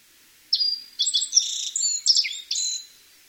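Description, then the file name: Black-faced bunting song phrase starting with a sustained thin whistle, followed by a quick series of varied chirps and buzzes. "aoji"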